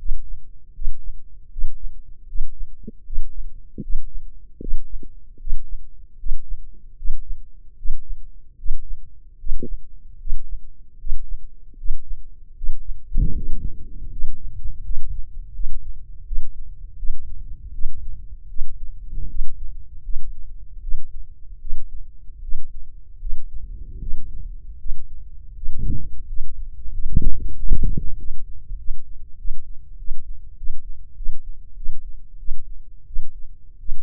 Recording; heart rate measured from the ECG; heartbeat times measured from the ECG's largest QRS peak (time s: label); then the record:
heart sounds by microphone in the left ear; 82 bpm
0.71 s: heartbeat
1.48 s: heartbeat
2.25 s: heartbeat
3.03 s: heartbeat
3.80 s: heartbeat
4.58 s: heartbeat
5.37 s: heartbeat
6.16 s: heartbeat
6.95 s: heartbeat
7.75 s: heartbeat
8.56 s: heartbeat
9.36 s: heartbeat
10.17 s: heartbeat
10.97 s: heartbeat
11.75 s: heartbeat
12.54 s: heartbeat
13.32 s: heartbeat
14.09 s: heartbeat
14.82 s: heartbeat
15.52 s: heartbeat
16.25 s: heartbeat
16.97 s: heartbeat
17.72 s: heartbeat
18.48 s: heartbeat
19.28 s: heartbeat
20.02 s: heartbeat
20.81 s: heartbeat
21.59 s: heartbeat
22.41 s: heartbeat
23.19 s: heartbeat
23.99 s: heartbeat
24.78 s: heartbeat
25.54 s: heartbeat
26.26 s: heartbeat
26.91 s: heartbeat
27.54 s: heartbeat
28.16 s: heartbeat
28.76 s: heartbeat
29.36 s: heartbeat
29.96 s: heartbeat
30.55 s: heartbeat
31.14 s: heartbeat
31.75 s: heartbeat
32.37 s: heartbeat
33.05 s: heartbeat
33.77 s: heartbeat
From the record:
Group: healthy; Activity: breath hold 0-9 s, rest 9-34 s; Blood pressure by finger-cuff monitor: 135/81 mmHg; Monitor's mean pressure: 94 mmHg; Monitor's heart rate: 77 bpm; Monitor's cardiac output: 6.6 L/min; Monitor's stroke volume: 78 mL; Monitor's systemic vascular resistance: 1080 dyn s/cm5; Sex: male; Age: 21 years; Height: 180 cm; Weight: 67.5 kg